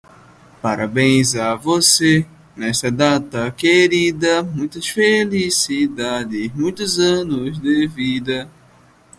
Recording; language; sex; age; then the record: short text; Brazilian Portuguese; male; 20 to 29 years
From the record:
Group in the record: control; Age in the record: 23 years